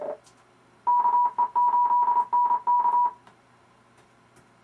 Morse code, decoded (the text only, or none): KE8NK